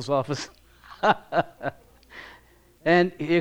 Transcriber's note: she laughs